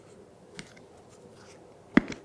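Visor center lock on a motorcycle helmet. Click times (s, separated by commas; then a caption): 2.0 s. The center lock on the plastic visor of a Shoei RF-1400 Prologue motorcycle helmet is released and the visor is lifted open with a sharp click at 2.0 s, followed by a softer rattle just after. A faint tick is heard earlier at about 0.6 s over a quiet background, and the visor comes open easily.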